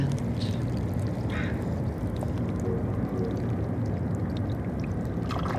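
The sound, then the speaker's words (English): Feeding barnacles among seaweed crackle with countless tiny, irregular clicks as water moves calmly through the crevices, trickling and sucking steadily around them, all over a constant low rumble of the surrounding city with no pauses. “It trickles and clicks and sucks.”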